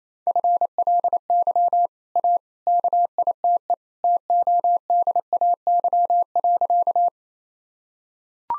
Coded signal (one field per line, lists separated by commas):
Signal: Morse code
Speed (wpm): 27 wpm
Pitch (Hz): 700 Hz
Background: none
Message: FLY A KITE TODAY.